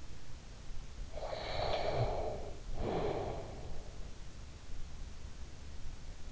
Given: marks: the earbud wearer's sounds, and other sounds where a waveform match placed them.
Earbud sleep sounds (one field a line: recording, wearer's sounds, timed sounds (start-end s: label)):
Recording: sounds in sleep by an in-ear microphone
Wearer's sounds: breath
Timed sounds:
0.73-4.37 s: breath